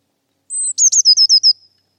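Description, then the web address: Eurasian blue tit: one thin, very high held note, then a fast, even series of short tinkling notes that trail away. "Deverinetal 2025 File origin Bird Only Cy Ca"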